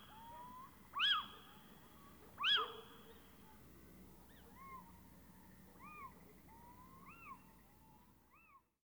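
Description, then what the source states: Little owl aggressive calls: two loud, harsh, sharply arched notes, then several fainter rising-falling notes. Aggressive song given by at least four birds.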